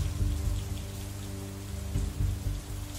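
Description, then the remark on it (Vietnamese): Steady rain falls with a constant hiss, broken by a deep low rumble that swells and fades twice, like thunder. No voices are heard. “Cứ như vậy, chàng Lưu dùng hai bàn tay trần bốc những nắm đất đã đẫm nước mưa lẫn máu của chàng mà vùi xuống trên trước thây của vợ.”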